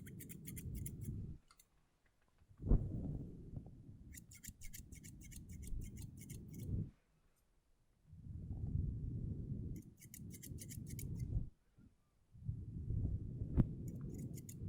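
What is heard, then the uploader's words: Low brushing strokes sweep through hair in long bursts with short pauses, while crisp scissor snips click rapidly in clustered runs above. ASMR Hair Salon RP brushing, haircut, treatment (No Talking).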